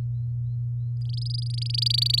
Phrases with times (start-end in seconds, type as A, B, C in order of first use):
1.01-2.19 A